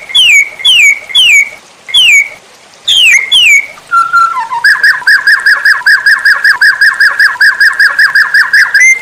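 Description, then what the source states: White-rumped shama song: several descending whistled slurs, then a brief pause and a long fast run of repeated warbled notes. Masteran (cage bird training) recording titled Murai Batu Labaik.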